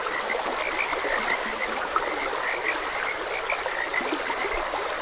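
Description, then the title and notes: Frogs croaking in a steady chorus, short bright notes overlapping constantly, over a continuous hiss of running stream water. Frogs croaking beside a gentle stream; nature ambience for rest, meditation and sleep. "Gentle Stream and Frogs Croaking. Sleep and Relaxation Podcast"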